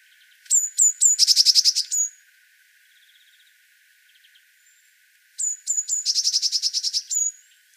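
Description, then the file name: Eurasian blue tit calls in two bursts, each with a few thin high whistled notes and then a fast churring, buzzy trill, separated by a quiet pause. "Cyanistes caeruleus"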